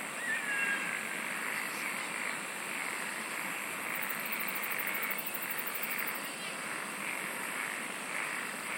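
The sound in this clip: Insects singing in a continuous dense chorus, with a rapid high pulsed trill in the middle.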